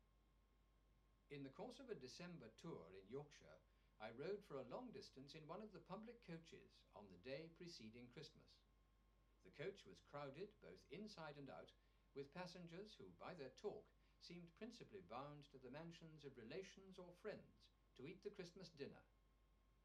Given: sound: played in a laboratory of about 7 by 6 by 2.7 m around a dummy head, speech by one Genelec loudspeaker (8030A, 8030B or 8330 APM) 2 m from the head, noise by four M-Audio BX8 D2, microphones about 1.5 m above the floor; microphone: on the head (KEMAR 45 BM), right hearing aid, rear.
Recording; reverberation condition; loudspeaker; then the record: male speech in English; low; 120 degrees to the right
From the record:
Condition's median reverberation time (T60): about 310 ms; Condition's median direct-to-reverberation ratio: about 3.5 dB